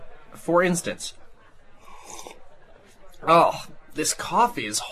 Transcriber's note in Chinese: sips coffee